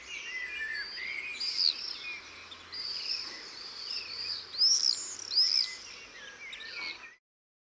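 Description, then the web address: Birds chirping and twittering in a busy mix of high, quick notes, with a few louder arched whistles, before the sound cuts off abruptly. "aves"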